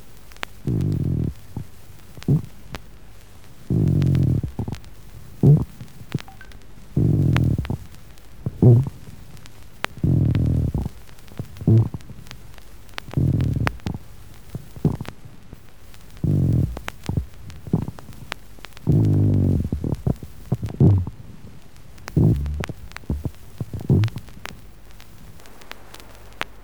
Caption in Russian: Грубый шум трения плевры, ощущаемый даже пальпаторно. Отличить грубый шум трения плевры от других побочных дыхательных шумов не представляет трудностей.